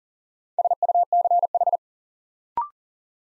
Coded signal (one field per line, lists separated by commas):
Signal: Morse code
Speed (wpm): 40 wpm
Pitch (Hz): 700 Hz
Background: none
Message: SUCH